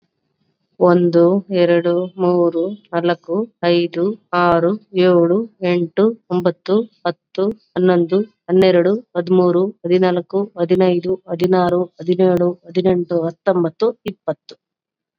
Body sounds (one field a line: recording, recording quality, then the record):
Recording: counting at a normal pace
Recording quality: excellent, no background noise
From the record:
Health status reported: COVID-19 positive, mild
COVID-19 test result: positive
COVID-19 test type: RT-PCR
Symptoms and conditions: cough, sore throat, fever, fatigue, muscle pain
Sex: female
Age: 36 years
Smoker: no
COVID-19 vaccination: both doses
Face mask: not worn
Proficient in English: yes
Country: India